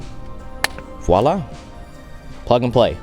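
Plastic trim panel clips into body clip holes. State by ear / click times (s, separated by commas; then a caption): seated / 0.6 s. A plastic interior trim panel is lined up with its clip holes in the body and given a firm push. A sharp snap is heard at 0.6 s, followed by a faint second tick at 0.8 s, as the clips seat home. Someone talks over a low background hum, and the panel is confirmed seated.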